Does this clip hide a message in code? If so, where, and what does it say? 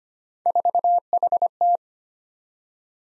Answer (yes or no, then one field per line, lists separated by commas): yes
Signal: Morse code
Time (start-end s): 0.5-1.8 s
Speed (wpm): 25 wpm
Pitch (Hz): 700 Hz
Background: none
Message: 4HT